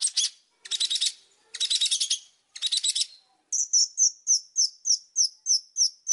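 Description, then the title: Oriental magpie-robin song: four harsh rattling bursts followed by evenly spaced high whistled notes, roughly three each second. Gacor, lively-singing song used as a lure to make other magpie-robins answer. "Pancingan Suara Siulan Kacer Gacor Mantap Untuk Memancing Kacer Lain Agar Mau Nyaut Bunyi"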